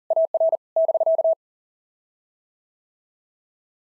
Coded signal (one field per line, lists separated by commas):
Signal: Morse code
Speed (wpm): 37 wpm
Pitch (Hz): 660 Hz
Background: none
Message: AR <BK>